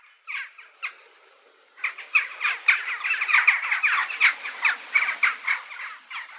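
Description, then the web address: Bird squawking: a few harsh, raspy calls, a pause of about a second, then a dense, rapid run of grating squawks, about three or four per second, continuing to the end. "musicradar outdoor-samples Birds"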